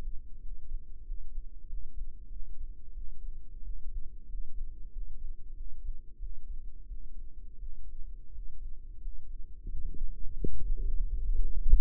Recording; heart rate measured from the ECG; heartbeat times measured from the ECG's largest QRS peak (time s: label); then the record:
heart sounds by microphone in the right ear; 90 bpm
0.38 s: heartbeat
1.01 s: heartbeat
1.64 s: heartbeat
2.27 s: heartbeat
2.92 s: heartbeat
3.60 s: heartbeat
4.25 s: heartbeat
4.88 s: heartbeat
5.52 s: heartbeat
6.17 s: heartbeat
6.85 s: heartbeat
7.57 s: heartbeat
8.30 s: heartbeat
8.98 s: heartbeat
9.68 s: heartbeat
10.40 s: heartbeat
11.09 s: heartbeat
11.75 s: heartbeat
From the record:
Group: healthy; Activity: cold pressor test 0-9 s, rest 9-12 s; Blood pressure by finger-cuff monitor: 133/95 mmHg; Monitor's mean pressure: 107 mmHg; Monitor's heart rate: 89 bpm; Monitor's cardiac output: 6.4 L/min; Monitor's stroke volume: 71 mL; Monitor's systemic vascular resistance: 1240 dyn s/cm5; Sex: male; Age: 21 years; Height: 180 cm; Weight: 67.5 kg